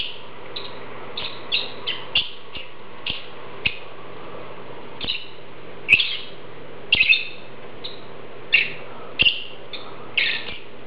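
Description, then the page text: Lovebird chirping calls, short shrill chirps in irregular bursts, some doubled, over a low steady hum with occasional sharp clicks. "Попугай неразлучник - Голос"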